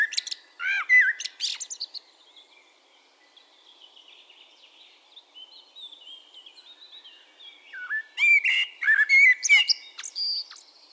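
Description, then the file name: Common blackbird singing loud mellow warbled phrases with squeaky high endings at the start and end, and softer twittering song faintly heard in between. "Turdus merula"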